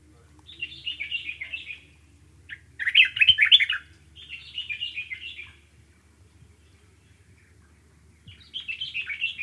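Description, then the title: Dark-capped bulbul singing short, bubbly chattering phrases, four bursts spaced by pauses, the second one loudest and harsher. Okavango. "intotheokavango dark capped bulbul"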